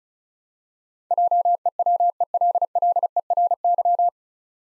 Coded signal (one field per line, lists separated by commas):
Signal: Morse code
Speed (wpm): 36 wpm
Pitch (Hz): 700 Hz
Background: none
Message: JEWELLERY